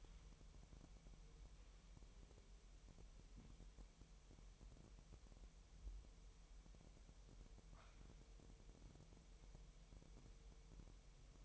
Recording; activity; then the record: daily activity, microphone in the room; wipe stove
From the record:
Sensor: 1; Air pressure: 1000.8 hPa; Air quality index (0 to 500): 248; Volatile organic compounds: 148 ppm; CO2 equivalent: 4013 ppm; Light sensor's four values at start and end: 12/28/11/12 and 12/28/11/12